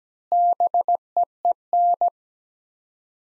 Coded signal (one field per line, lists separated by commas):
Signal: Morse code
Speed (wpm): 17 wpm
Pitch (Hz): 700 Hz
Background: none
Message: BEEN